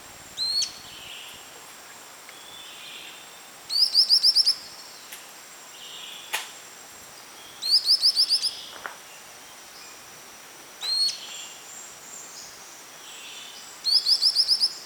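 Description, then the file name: White-lored tyrannulet calls: short bursts of five or six high, rapid rising notes, repeated every few seconds, with scattered clicks and a steady high insect drone. Recorded on 28 April 2011. "20110428 ORNINE"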